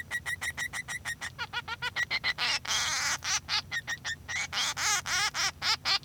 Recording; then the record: song of a male Bengalese finch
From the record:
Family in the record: son of father 3